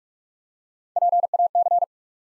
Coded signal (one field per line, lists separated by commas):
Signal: Morse code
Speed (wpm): 44 wpm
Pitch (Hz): 700 Hz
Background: none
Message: PAC